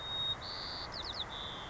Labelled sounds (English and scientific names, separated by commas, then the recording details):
White-crowned Sparrow (Zonotrichia leucophrys)
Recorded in Sonoma County, California